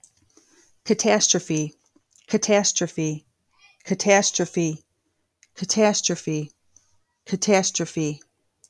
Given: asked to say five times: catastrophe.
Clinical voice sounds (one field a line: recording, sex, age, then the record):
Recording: repeated word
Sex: female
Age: 40 to 49 years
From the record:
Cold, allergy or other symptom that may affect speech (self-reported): no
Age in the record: 42 years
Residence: Illinois, United States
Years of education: 20